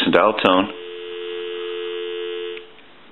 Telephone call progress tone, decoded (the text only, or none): dial tone